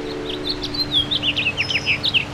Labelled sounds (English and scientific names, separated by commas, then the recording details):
House Finch (Haemorhous mexicanus) song
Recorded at Bridgehampton on Long Island, New York, on 22 June 2013
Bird G